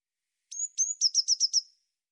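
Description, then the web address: Eurasian blue tit: two high, thin whistled notes then a brisk series of five buzzy chips, heard once against silence. "cianscape birddata Deverinetal 2025 File cleaned normalized Bird Cy Ca"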